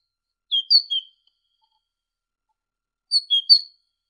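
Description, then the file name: Great tit song: two brief phrases of three sharp whistled notes each, separated by about two seconds of quiet. Masteran recording: a training recording for songbirds. "suara masteran great tit"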